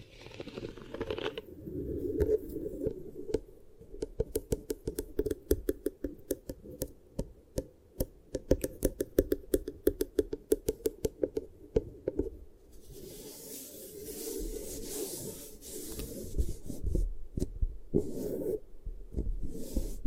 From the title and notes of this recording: ASMR Really Nice Beeswax Ear Triggers for SLEEP (No Talking).